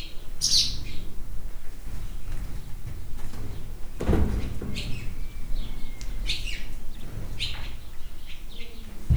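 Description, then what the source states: Sand martin calls: scattered high chirps and a thin drawn-out squeak, with a dull thud midway and a constant low rumble. Recorded inside a horse stable in a farmyard.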